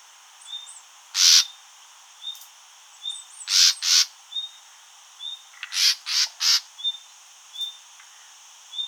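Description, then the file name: Common nightingale harsh calls, short rasping bursts in uneven clusters of one to three, with faint thin high notes repeating steadily in the background. "Luscinia megarhynchos"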